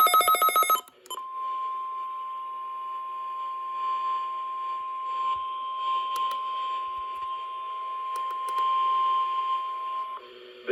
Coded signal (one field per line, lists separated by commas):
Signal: Emergency Alert System (SAME) tones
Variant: 1050 Hz attention tone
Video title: Required Weekly Tests | EAS #9-11